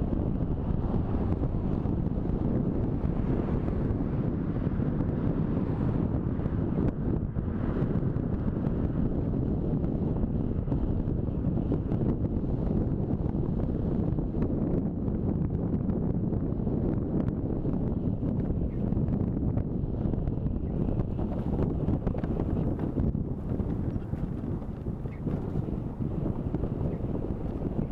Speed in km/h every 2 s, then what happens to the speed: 28, 28, 27, 27, 26, 26, 25, 25, 24, 23, 23, 23, 23, 23.
0-28 steady at about 25.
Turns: none.